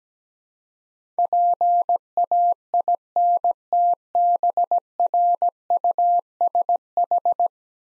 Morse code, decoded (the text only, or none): PAINTBRUSH